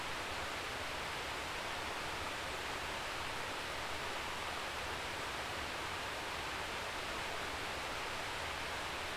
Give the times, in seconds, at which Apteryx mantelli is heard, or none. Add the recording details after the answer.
none. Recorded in New Zealand on 11 December 2011. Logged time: 00:43. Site DD66